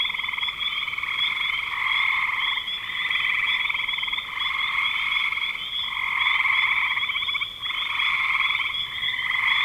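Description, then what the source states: Chorus of frogs giving rapid pulsed trills that overlap, their bursts starting and stopping unevenly beneath a continuous background of calling. Frogs recorded in spring 2025.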